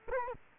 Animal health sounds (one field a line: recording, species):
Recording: mosquito wingbeat signal from an infrared sensor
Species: Culex quinquefasciatus